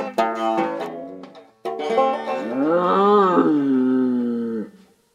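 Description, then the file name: Cow mooing: a drawn-out moo that arches up in pitch and slowly falls away, preceded by a few short tonal notes. "kuh"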